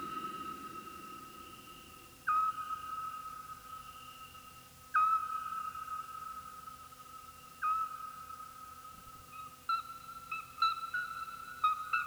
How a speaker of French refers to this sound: Un hibou petit duc.